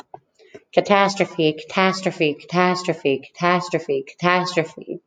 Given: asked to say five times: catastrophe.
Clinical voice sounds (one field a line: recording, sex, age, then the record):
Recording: repeated word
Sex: female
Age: 40 to 49 years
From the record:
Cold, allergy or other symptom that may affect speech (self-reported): no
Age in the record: 44 years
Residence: Colorado, United States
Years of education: 13